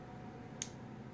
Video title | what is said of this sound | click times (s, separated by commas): Keyport upgrades! | that little click so | 0.6 s